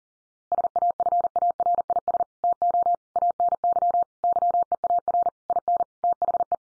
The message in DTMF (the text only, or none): none